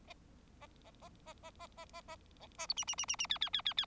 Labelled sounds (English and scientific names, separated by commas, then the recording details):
Bengalese Finch (Lonchura striata domestica) song
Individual Bird4